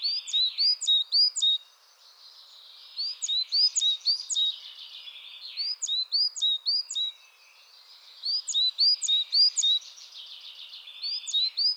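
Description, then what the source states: Coal tit chatter: high thin notes rattled off in fast series, separated by brief quieter gaps. Chattering (bavarde) calls.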